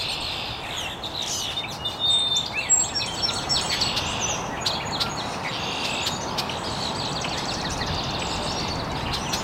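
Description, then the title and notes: Birds chirping, high thin whistles and twitters overlapping, with steady hissing noise underneath. Birds chirping very early in the morning in an estuary. "Birds Chirping in the Early Morning. Original sounds of birds chirping very early in the morning in an estuary"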